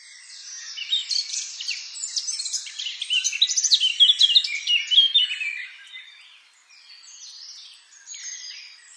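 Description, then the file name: Eurasian blackcap song, a fast jumble of high twittering and scratchy warbled notes, loudest through the middle, then fading to quieter chatter near the end. "Sylvia atricapilla"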